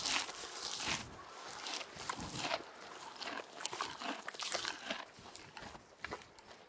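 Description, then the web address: Horse chewing hay, a steady run of crunchy, rustling bites with no calls. Horse eating hay. "SFXSource AOS Horse Eat Hay"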